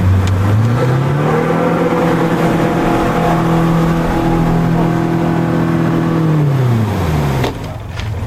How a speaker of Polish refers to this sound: Najszybsze jednostki nasze pływają około 70 km na godzinę. Jak pan chce, to możemy się płynąć szybciej, bo wtedy będzie ryk silnika.